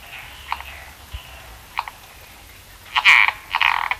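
Frog calls: faint clicks early on, then two louder, rough pulsed croaks near the end, over a low background hiss.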